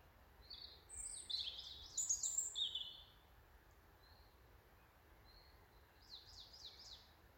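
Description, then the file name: European robin song: a rich tumbling phrase of high, sweet notes, a few faint scattered notes, then a fast wavering trill near the end, with steady low rumble beneath. "Erithacus rubecula"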